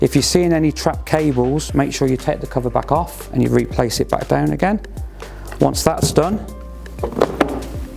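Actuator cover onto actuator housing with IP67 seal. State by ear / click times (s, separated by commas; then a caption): seated / 7.4 s. While someone talks, the cover of a JJ actuator, being fitted as part of a DPS kit, is lined up at the top, checked for trapped cables, and pressed down onto its housing over the IP67 seal. A single sharp click is heard at 7.4 s as the cover seats in place.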